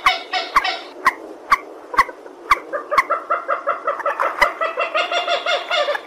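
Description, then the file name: Purple swamphen with a few isolated nasal calls, then a steady rapid series of cackling honks, plus several sharp clicks. "tieng trich re keu"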